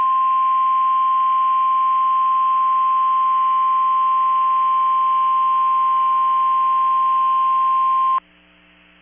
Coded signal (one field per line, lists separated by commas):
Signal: Emergency Alert System (SAME) tones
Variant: 1050 Hz attention tone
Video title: First RWT of 2023 | 1/5/23 - KEC65 Required Weekly Test (Thursday Edition) (EAS #706)